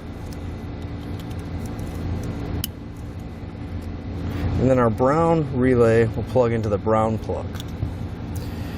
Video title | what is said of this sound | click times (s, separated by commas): etrailer - Curt T-Connector Vehicle Wiring Harness Installation - 2019 Nissan Frontier | Make sure they lock into place. | 2.6 s